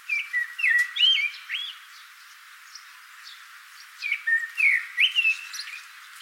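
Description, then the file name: Common blackbird uttering two bursts of short whistled and chirpy notes, rising and falling slurs, with a quiet gap of about two seconds between them. "Turdus merula"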